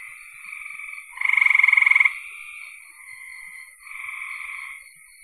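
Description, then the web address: Frogs trilling in a chorus, with one loud rapid pulsed trill of about a second amid quieter buzzy trills before and after. "cn frogs"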